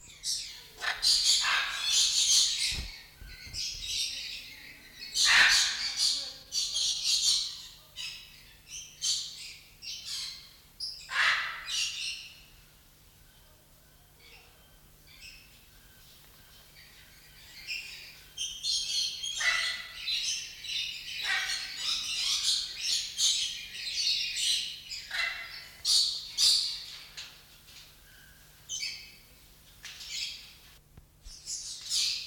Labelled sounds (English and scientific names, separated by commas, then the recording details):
Hyacinth Macaw (Anodorhynchus hyacinthinus) call
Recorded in captivity
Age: adult
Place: Zoo Berlin, Berlin, DE
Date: 1994-01-15
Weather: wechselnd wolkig, +5°C
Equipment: Marantz CP 430, Sennheiser MKH 416 T, Kopie Uher Variocord 263
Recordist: Tembrock, Günter